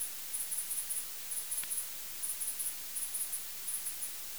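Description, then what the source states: Bat echolocation calls heard as very high clicks in quick bursts of two or three, repeated irregularly over steady hiss. Recorded 20 August 2018.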